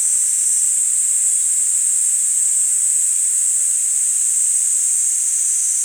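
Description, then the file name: Kaempfer cicada making a steady, piercing hiss-like buzz, level and continuous throughout the short stretch. "Platypleura kaempferi"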